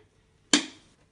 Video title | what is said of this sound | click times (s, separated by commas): Morphy Richards Supervac deluxe pro 3 in 1 734055 Cordless Vacuum Cleaner product review | in there into the bin clicks back into place here | 0.5 s